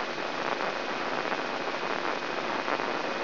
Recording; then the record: brain microelectrode recording played as sound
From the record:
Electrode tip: inside the subthalamic nucleus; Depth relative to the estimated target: 1 mm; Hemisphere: right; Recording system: AlphaMap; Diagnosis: Parkinson's disease